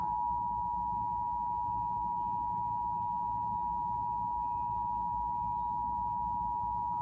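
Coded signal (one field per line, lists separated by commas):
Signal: Emergency Alert System (SAME) tones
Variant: 853 and 960 Hz attention tone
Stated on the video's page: National Periodic Test EAS captures from August 2021 on three radio stations and TV; the test was extremely quiet with an audible hum.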